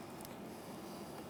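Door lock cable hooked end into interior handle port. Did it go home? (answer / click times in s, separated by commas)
no / none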